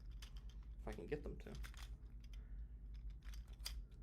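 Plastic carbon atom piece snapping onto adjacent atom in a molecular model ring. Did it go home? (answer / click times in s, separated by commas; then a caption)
yes / 3.7 s. Someone talks while working snap-together magnetic plastic atoms of a molecular model ring, trying to join the fourth and fifth carbon atoms to close it, with light plastic clicks and handling noise. A sharp snap at 3.7 s marks the plastic carbon atom piece seating onto the adjacent atom, closing the ring.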